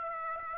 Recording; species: mosquito wingbeat signal from an infrared sensor; Aedes aegypti